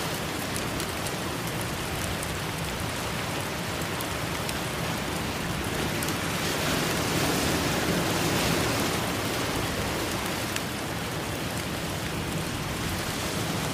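Steady, dense rain hisses across the whole clip, with faint low rumbling underneath and a slight swell in loudness around the middle.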